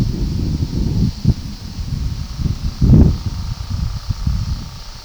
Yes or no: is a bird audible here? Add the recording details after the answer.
no. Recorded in pastures near Puerto Asís, Putumayo, Colombia, on 21 February 2024 at 12:00. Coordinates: 0.486, -76.323. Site G6462